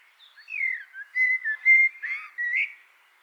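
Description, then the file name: Common blackbird singing a rich, fluty warbled phrase, whistled notes sliding up and down in quick succession, ending on a brighter rising note. "Turdus merula"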